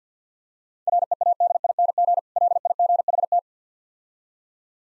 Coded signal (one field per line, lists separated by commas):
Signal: Morse code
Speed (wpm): 50 wpm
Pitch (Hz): 700 Hz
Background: none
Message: READING LIGHT